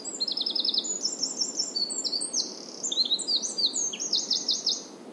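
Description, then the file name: Eurasian wren song starting with a dry rattling trill, then tumbling into varied high chirps and whistles and finishing with a quick run of repeated notes. "Troglodytes troglodytes"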